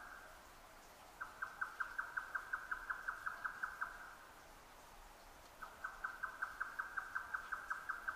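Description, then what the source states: Grey nightjar, two bursts of rapid, evenly repeated hollow chuck notes, with a pause between them over quiet background. Recorded 12 June 2009 at 22:41.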